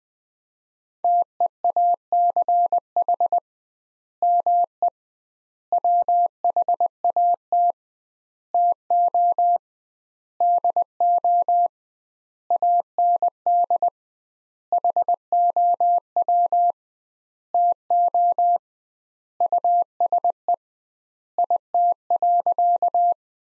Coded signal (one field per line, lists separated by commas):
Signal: Morse code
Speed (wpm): 19 wpm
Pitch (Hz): 700 Hz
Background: none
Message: TEACH ME WHAT TO DO AND HOW TO USE IT.